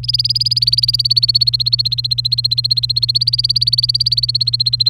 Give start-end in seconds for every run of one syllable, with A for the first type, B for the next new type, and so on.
0.03-4.89 A